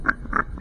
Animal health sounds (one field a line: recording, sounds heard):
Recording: poultry house recording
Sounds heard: sick chickens (respiratory disease)